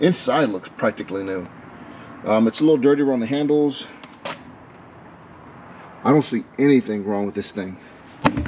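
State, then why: Seated. Someone talks, then a person closes the lid of a found cooler and snaps the lid latch shut against the cooler body. A few knocks are followed by a sharp click at 8.3 s as the latch locks into place.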